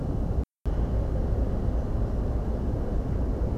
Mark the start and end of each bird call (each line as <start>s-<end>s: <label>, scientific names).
1.76s-1.86s: Muscicapa striata